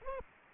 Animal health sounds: mosquito wingbeat signal from an infrared sensor; Aedes aegypti

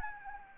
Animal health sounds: mosquito wingbeat signal from an infrared sensor; Anopheles gambiae

